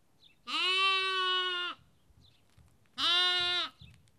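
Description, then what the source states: Sheep: lamb bleating: two bleats, the first over a second long and the second shorter, with a quiet pause between. Lamb; Kakopetria, Cyprus.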